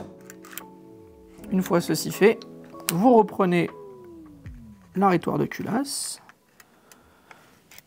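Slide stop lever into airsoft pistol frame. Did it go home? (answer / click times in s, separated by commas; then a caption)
no / none. A slide stop lever is picked up and lined up against the frame and slide of an airsoft pistol before insertion, with only light ticks heard as it is handled. Someone talks over background music. Nothing has seated or clicked yet.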